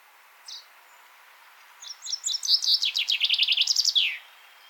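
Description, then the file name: Common chaffinch: a single short note, a pause, then a full song of repeated trill notes falling in pitch and closing with a downward flourish. "Fringilla coelebs"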